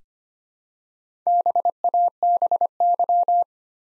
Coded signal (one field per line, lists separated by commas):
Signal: Morse code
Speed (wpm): 25 wpm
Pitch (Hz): 700 Hz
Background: none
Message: BABY